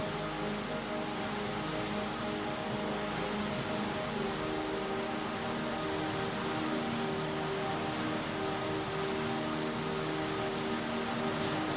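Waves batter the rocky shore of Lake Superior in a dense, steady roar, with a low rumbling undertone and a constant hiss throughout.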